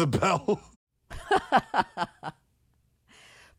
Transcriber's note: laughter